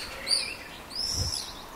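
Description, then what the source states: Common swift calls: thin, high screeching notes, one short scream and then a longer drawn-out one, over steady low background noise. Heard calling over the courtyards; most left on Friday, a few still around.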